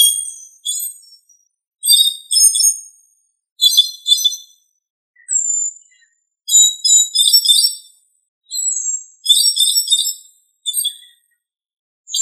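Thrush singing high, bright whistled phrases in quick clusters, a lone slurred whistle in between, with pauses of under a second, nothing else audible.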